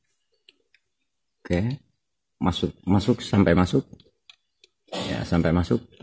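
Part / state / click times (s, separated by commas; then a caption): mechanical part into embroidery machine assembly / not seated / none. A mechanical part is pushed in and turned by hand during the assembly of an embroidery machine, to lock it into place. Someone talks throughout, with a few faint small ticks around 0.5, 0.7, 4.3 and 4.6 seconds. The part has not yet seated or clicked home by the end.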